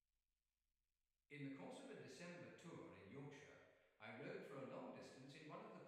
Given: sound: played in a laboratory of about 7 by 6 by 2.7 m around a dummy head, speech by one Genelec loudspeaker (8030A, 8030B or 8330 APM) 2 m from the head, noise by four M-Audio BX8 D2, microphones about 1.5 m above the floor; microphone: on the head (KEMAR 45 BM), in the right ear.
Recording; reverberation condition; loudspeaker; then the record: male speech in English; high; behind (180 degrees)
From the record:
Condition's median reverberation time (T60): about 1300 ms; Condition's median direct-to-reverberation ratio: about -4.0 dB